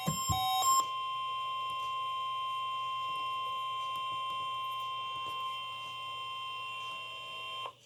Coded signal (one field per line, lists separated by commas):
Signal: Emergency Alert System (SAME) tones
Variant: 1050 Hz attention tone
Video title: Required Weekly Test (EAS #30) 1/26/22